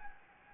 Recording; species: mosquito wingbeat signal from an infrared sensor; Anopheles gambiae